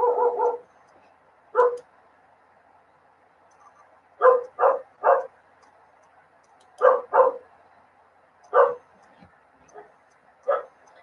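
A dog barks repeatedly on its own, sharp mid-pitched barks coming singly and in quick bursts of two or three, separated by short pauses over a faint steady background hum.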